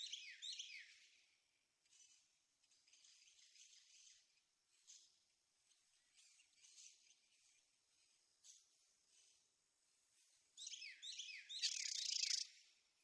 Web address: birdsongforthecurious. Carolina Wren